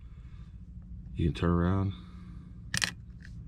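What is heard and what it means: A new CR2450 coin cell is turned over and pressed again into the plastic battery holder of a 2024 Ford Explorer 5-button smart key remote while someone talks, with a couple of brief sharp taps near 2.8 s. The battery does not latch or stay in, and nothing has seated or clicked yet.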